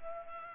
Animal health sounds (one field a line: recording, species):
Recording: mosquito wingbeat signal from an infrared sensor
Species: Culex pipiens